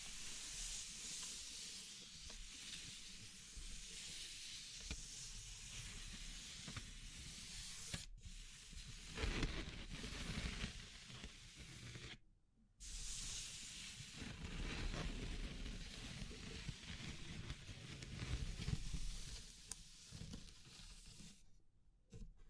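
Dense, crackly rustling of wood, bamboo and straw being handled, a steady hissing texture with bright grainy detail and low thumps. The handling shifts and swells, with two brief near-silent breaks around eight and twelve seconds, and another near the end.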